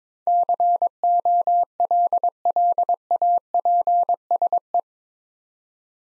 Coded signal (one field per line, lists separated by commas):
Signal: Morse code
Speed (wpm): 22 wpm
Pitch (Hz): 700 Hz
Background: none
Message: COLLAPSE